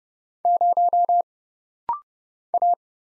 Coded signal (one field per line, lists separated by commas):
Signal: Morse code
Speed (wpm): 30 wpm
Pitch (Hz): 700 Hz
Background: none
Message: 0 A